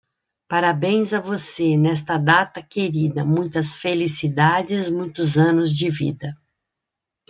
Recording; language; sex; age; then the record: short text; Brazilian Portuguese; female; 50 to 59 years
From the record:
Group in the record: control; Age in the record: 57 years